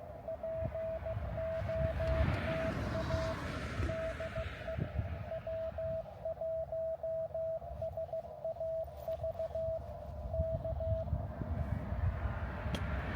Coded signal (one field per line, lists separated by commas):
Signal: Morse code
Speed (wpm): 16 wpm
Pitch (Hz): 650 Hz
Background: radio noise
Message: POTA DE W1SAV K